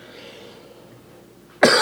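An adult man gives a single sharp cough after a quiet stretch. He has had a suspected upper respiratory infection, possibly bronchitis, for about a week and a half, and is on his third or fourth day of antibiotics.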